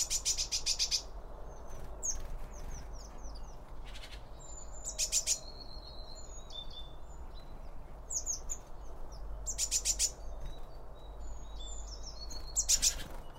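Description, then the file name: Birds: a lively mix of high bird chirps and twitters, broken up by loud rattling bursts every few seconds, over a low steady rumble. Birds around a bird feeder, recorded with two Line Audio OM1 microphones. "Birds Around Birdfeeding With Two Om 1 From Line Audio"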